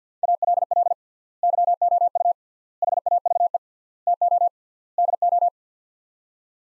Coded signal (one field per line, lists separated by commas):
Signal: Morse code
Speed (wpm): 50 wpm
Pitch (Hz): 700 Hz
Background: none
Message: ALL YOU HAVE TO DO